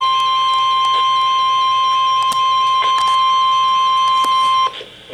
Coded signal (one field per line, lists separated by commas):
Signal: Emergency Alert System (SAME) tones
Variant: 1050 Hz attention tone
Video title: 10/11/2023: Special Marine Warning (EAS #797)